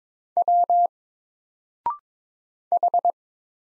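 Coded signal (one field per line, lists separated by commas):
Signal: Morse code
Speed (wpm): 22 wpm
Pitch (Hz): 700 Hz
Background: none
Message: W H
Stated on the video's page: Morse practice drill of single letters at 22 wpm, each letter sent, spoken after a 0.6-second pause, then sent again.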